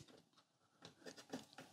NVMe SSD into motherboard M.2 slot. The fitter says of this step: okay until that's nicely clicked into place and then you'll see it doesn't quite rest